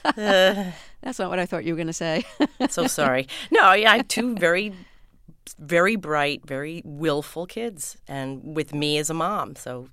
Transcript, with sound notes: That's not what I thought you were going to say (laughter).
So sorry. No, I have two very, very bright, very willful kids and with me as a mom.